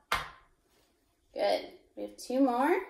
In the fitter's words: So listen for the pop. Good.